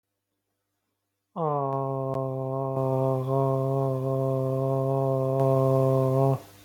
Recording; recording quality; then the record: sustained vowel as in made; moderate, slight background noise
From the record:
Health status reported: healthy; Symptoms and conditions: none ticked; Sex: male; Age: 35 years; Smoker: not ticked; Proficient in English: yes